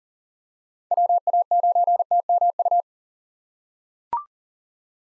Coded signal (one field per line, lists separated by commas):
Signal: Morse code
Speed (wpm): 37 wpm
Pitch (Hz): 700 Hz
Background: none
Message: WA9TMU